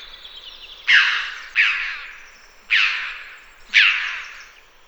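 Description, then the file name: Red-billed chough calls, four loud, raspy, falling notes spaced about a second apart, with soft background noise. "Pyrrhocorax pyrrhocorax"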